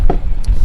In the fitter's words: Hook onto this crossbar and lock into place.